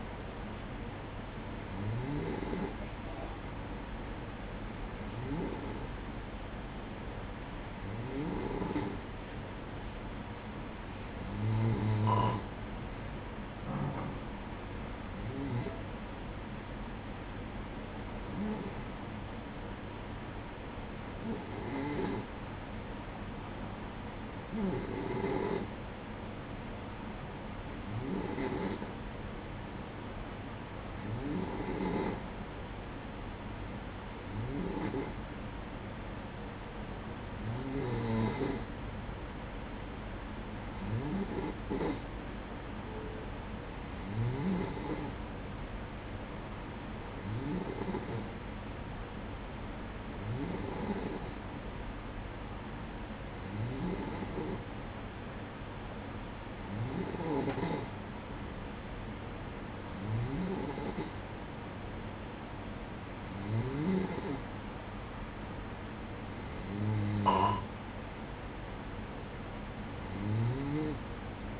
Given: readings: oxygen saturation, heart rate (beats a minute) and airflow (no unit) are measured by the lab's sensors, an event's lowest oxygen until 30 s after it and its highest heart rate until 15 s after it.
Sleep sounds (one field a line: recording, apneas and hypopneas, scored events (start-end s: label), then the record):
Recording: breathing in sleep by a voice recorder at the bedside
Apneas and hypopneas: none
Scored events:
none scored
From the record:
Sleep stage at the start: N2 (light sleep)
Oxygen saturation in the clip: 92 to 94%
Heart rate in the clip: 58 to 64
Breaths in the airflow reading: 22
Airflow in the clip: -9.7 to 8.9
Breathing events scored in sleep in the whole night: 180 in 6.7 hours asleep